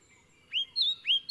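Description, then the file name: Leaden flycatcher calls: a few quick whistled notes, most rising sharply to a high pitch, clear and clean. "Myiagra Rubecula"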